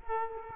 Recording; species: mosquito wingbeat signal from an infrared sensor; Culex quinquefasciatus